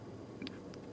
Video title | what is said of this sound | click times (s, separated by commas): [ハスラー] これイイ！って思う内装！質感と使い勝手、小さな長所短所/スズキ・ハスラー（HUSTLER）ハイブリッドG | Encaja en su lugar con un "clac-clac" sólido. | 0.5 s, 0.7 s